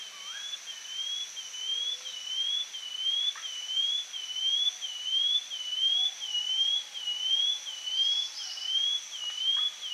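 Brown-headed greenlet calling, a high whistled note that rises and falls smoothly in an even wave, repeating about once every 0.7 seconds, over a constant high background tone.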